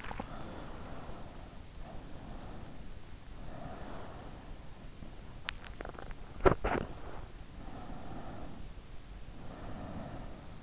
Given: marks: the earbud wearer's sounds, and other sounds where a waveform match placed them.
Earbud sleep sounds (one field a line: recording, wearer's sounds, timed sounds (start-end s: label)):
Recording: sounds in sleep by an in-ear microphone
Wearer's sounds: swallowing, breath, body movement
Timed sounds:
0.00-0.73 s: swallowing
1.73-3.05 s: breath
3.47-4.70 s: breath
5.40-7.49 s: body movement
7.49-10.62 s: breath